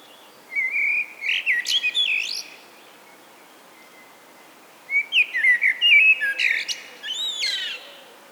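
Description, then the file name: Common blackbird song: two warbled whistled phrases, each rising into squeaky high twittering flourishes, separated by about two seconds of quiet. "Turdus merula"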